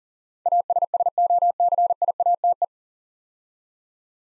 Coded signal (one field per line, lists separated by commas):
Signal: Morse code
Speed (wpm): 40 wpm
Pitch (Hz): 700 Hz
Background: none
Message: ASSOCIATE